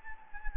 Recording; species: mosquito wingbeat signal from an infrared sensor; Anopheles gambiae